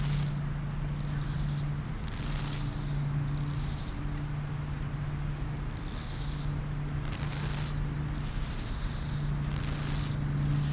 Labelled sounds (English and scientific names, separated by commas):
Steppe Grasshopper (Chorthippus dorsatus) stridulation